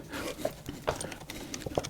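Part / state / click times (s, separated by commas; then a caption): input shaft into manual transmission case/synchro keys / seated / 1.5 s. A steel input shaft is fitted into a T5 manual transmission case, its cutouts aligned with the synchro keys, producing scattered light metallic knocks and scrapes. A sharp hit at 1.5 s marks the shaft locking into place, seated, followed by a few more quick taps.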